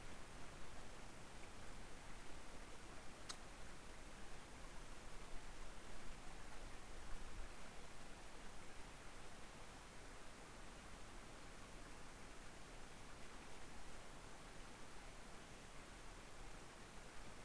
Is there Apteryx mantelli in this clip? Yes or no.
no